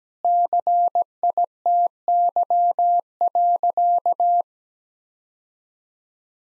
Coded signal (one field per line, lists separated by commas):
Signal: Morse code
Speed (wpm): 17 wpm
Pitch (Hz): 700 Hz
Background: none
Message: CITY.